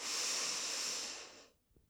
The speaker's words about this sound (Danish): Prøv at trække vejret helt dybt ned. En dyb, dyb vejrtrækning. Sådan at maven går frem, når I trækker vejret ind, og når I puster ud, går maven tilbage igen. I trækker vejret ind. Og puster ud. Og træk vejret ind.